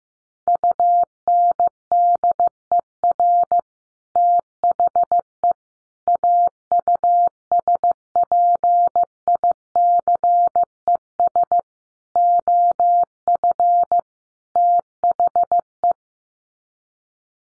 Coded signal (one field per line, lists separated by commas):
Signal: Morse code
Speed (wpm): 15 wpm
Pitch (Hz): 700 Hz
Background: none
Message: UNDER THE AUSPICES OF THE